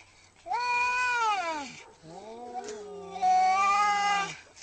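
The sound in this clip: Domestic cat giving long, drawn-out angry yowls: a wail that falls away, then a lower moan that grows louder.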